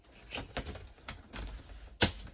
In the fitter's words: snap in place